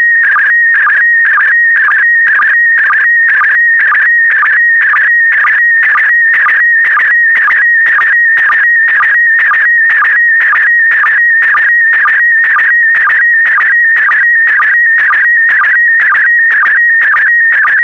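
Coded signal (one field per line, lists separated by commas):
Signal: SSTV (slow-scan television)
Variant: PD120 mode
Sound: steady whistle alternating with warbling chirpy tones, a low blip twice each second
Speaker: 5, 4, 3, 2, 1. Transmission complete. You can now check your decoded image against the picture that is shown on the video.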